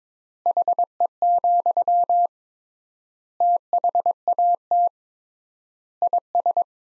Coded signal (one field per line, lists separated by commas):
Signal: Morse code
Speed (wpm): 22 wpm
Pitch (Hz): 700 Hz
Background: none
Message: HE, THAT IS